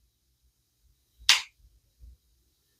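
The rear trigger of the double set trigger on an Investarms Hawken muzzleloading rifle is pulled, and the set mechanism latches with a single sharp, bright click at 1.3 s, the second of the trigger's two clicks. Faint low thumps follow around 1.6 s and 2.1 s. The trigger is set and the click is quieter than it was before the parts were stoned.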